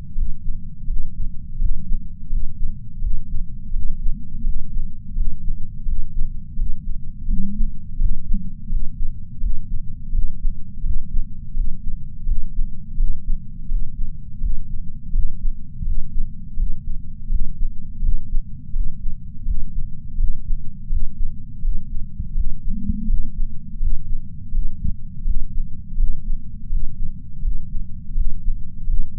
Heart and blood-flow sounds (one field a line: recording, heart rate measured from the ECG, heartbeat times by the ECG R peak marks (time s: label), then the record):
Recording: heart sounds by patch sensor on the chest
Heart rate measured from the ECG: 84 bpm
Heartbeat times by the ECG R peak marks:
0.16 s: heartbeat
0.87 s: heartbeat
1.59 s: heartbeat
2.30 s: heartbeat
3.01 s: heartbeat
3.73 s: heartbeat
4.44 s: heartbeat
5.15 s: heartbeat
5.86 s: heartbeat
6.56 s: heartbeat
7.28 s: heartbeat
7.98 s: heartbeat
8.70 s: heartbeat
9.41 s: heartbeat
10.12 s: heartbeat
10.83 s: heartbeat
11.54 s: heartbeat
12.26 s: heartbeat
12.97 s: heartbeat
13.69 s: heartbeat
14.41 s: heartbeat
15.12 s: heartbeat
15.85 s: heartbeat
16.57 s: heartbeat
17.29 s: heartbeat
18.02 s: heartbeat
18.73 s: heartbeat
19.45 s: heartbeat
20.17 s: heartbeat
20.90 s: heartbeat
21.62 s: heartbeat
22.35 s: heartbeat
23.07 s: heartbeat
23.80 s: heartbeat
24.52 s: heartbeat
25.24 s: heartbeat
25.97 s: heartbeat
26.70 s: heartbeat
27.42 s: heartbeat
28.15 s: heartbeat
28.87 s: heartbeat
From the record:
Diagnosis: coronary artery disease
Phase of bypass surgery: preoperative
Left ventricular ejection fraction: 63.3%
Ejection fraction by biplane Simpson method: 60.1%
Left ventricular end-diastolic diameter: 44 mm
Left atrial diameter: 34 mm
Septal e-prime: 5.7 cm/s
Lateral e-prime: 6.6 cm/s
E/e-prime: 12.8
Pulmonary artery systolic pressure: 18 mmHg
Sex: female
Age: 71 years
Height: 150 cm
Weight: 59 kg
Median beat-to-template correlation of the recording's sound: 0.93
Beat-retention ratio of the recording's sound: 0.99